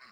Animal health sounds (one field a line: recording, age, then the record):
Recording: pig call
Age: piglet (1 to 25 days)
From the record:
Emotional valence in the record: positive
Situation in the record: short reunion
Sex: male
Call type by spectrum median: low-frequency call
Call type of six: low-frequency tonal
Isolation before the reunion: 3 minutes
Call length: 0.12 s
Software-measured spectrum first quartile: 1378 Hz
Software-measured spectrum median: 2049 Hz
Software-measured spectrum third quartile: 3486 Hz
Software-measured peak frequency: 1144 Hz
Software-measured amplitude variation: 48 dB a second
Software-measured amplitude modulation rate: 12.2 a second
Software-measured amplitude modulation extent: 3.9 dB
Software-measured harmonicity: -0.6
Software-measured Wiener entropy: -1.62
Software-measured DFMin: 588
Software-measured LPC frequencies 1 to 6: 1190, 2028, 4117, 4576, 5168, 7170 Hz